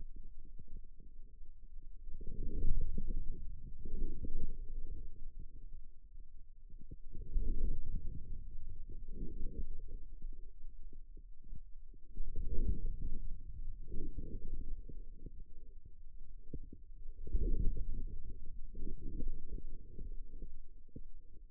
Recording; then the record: forearm muscle sounds (acoustic myography)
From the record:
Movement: inward rotation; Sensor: system 2, bracelet of six BSWA MPA416 microphones around the upper forearm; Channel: 5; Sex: male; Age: 22 years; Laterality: right